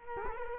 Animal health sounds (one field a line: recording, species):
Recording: mosquito wingbeat signal from an infrared sensor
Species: Culex quinquefasciatus